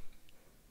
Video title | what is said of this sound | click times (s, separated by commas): XIAOMI mi 9T - New Battery / easy repair & replacement | and put it back here in place uh push it a little bit into the frame so that you hear the click clicking sound | 0.3 s